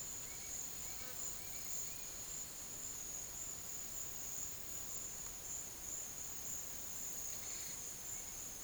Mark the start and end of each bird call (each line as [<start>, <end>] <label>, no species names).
[0.00, 2.13] bird call
[8.02, 8.63] bird call